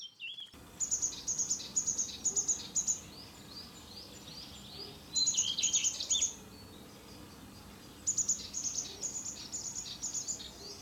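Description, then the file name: Eurasian blue tit song: bursts of high buzzy notes running into quick trills, repeated every couple of seconds over constant background hiss. "canto cinciarella Cyanistes parus caeruleus blue tit blaumeise herrerillo"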